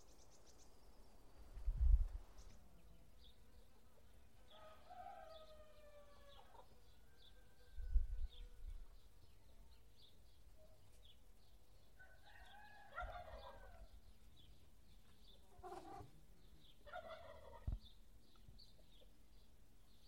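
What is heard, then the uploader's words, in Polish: Village sounds with poultry calls around five, thirteen and seventeen seconds, over a steady low hum and a few dull thumps. Dźwięki wsi w okolicach naszego domu. Jest tu mnóstwo dzikich zwierząt, które wydają niesamowite dźwięki.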